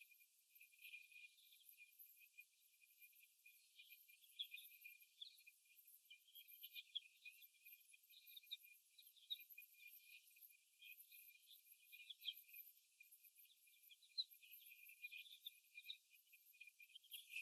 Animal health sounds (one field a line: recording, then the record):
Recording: young laying hens in a cage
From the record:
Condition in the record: after the stressor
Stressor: simulated dog barking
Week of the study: 1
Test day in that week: 1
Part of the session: 2